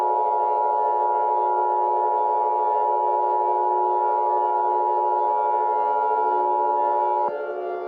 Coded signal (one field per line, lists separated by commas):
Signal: Emergency Alert System (SAME) tones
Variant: 853 and 960 Hz attention tone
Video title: EAS Scenario #21: The King of Destruction